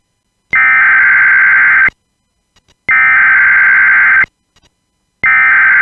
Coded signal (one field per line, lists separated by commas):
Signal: Emergency Alert System (SAME) tones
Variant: header bursts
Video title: Philippine Emergency Broadcast System ((PH-EBS)